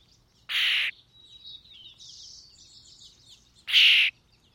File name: European Starling - Sturnus vulgaris